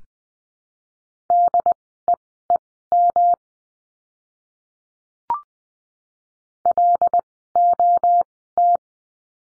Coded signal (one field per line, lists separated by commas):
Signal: Morse code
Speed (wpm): 20 wpm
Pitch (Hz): 700 Hz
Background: none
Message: DEEM LOT